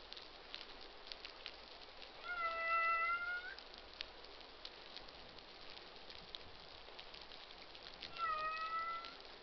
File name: Humpback socialsounds